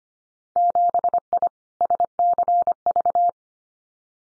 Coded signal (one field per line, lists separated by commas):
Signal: Morse code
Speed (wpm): 25 wpm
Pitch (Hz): 700 Hz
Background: none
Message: 7I SCV